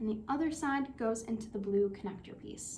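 A plastic snap-circuit piece with metal snap studs is handled over the blue connector piece on the battery side of a circuit on the base grid while someone talks. Nothing has seated or clicked yet; the clip ends just before the piece snaps home.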